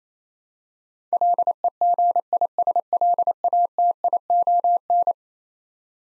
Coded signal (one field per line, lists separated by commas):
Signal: Morse code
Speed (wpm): 28 wpm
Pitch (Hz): 700 Hz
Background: none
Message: LEGISLATION